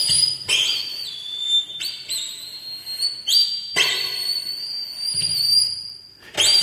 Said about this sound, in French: Son sifflement est plutôt décrit comme particulièrement malaisant.